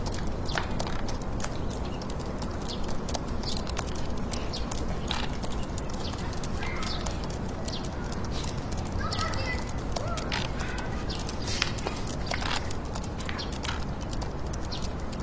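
Fingertip typing in a computer room: quick, light taps come in irregular bursts throughout, some sharper and brighter than others. Underneath runs a steady, dense hiss and low city rumble that never changes in level.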